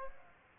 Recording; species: mosquito wingbeat signal from an infrared sensor; Aedes aegypti